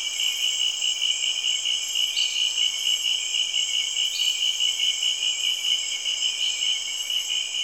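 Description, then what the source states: Insects calling together in a constant high, ringing drone with rapid pulses throughout and short buzzy notes recurring every few seconds. Rainforest in Cameroon, early evening; insects heard together with frogs.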